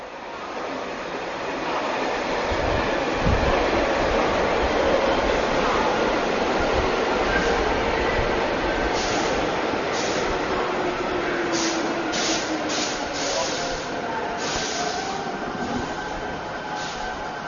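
A subway train runs with a steady, loud rumbling roar that holds throughout, with a series of brief rattling clacks breaking through in the second half. No one speaks.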